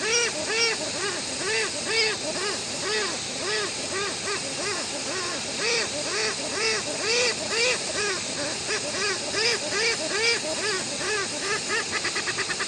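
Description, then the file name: Westland petrel song calls: a long series of hoarse, arched, braying notes repeated about twice a second, over a steady hiss. "westland black petrel song"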